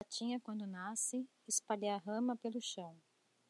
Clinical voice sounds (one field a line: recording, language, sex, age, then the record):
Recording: short text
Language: Brazilian Portuguese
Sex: female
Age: 40 to 49 years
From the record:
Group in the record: control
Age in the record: 46 years